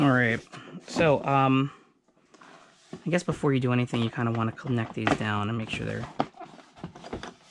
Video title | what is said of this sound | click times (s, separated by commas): Build - Arrows Husky PNP 1800mm Special Edition | nice and all the way okay you get a nice little click so you know that they're in right | 7.2 s